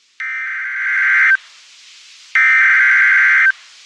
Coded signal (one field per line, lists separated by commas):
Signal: Emergency Alert System (SAME) tones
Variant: header bursts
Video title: EAS | Flash Flood Warning from KEC80 | 08/03/2025 #easalert #noaaweatherradio | EAS #8